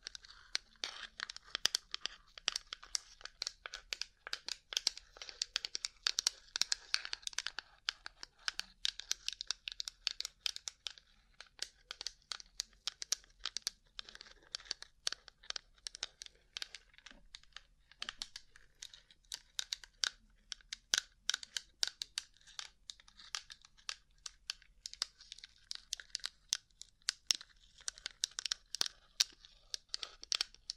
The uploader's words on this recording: ASMR Rhinestone Covered Tapping 3Dio (No Talking).